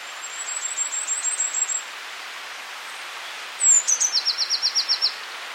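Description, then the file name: Eurasian blue tit song: a softer, very high rapid series first, then a louder phrase of thin lead-in notes and a fast trill. "Cyanistes caeruleus"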